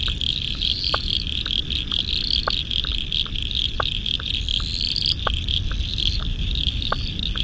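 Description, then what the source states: Frogs in chorus, short sharp clicking notes scattered irregularly over a steady high insect-like trill, with upward sweeping whistles and a constant low rumble beneath. Spring frog chorus at dusk beside the South Pacific Ocean, Royal National Park, Australia, November 2015.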